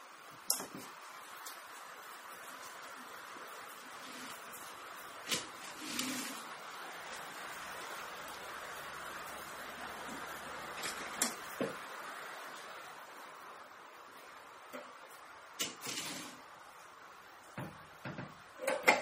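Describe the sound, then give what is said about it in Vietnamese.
A door is being closed: a series of short wooden knocks and latch clicks, some in quick pairs, spaced out over a steady low background hum, with no voices. “Chờ xí nha, tôi sẽ đóng cái cửa cả mối nó vô á.”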